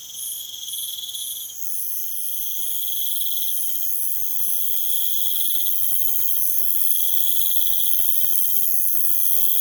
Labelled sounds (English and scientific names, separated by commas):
none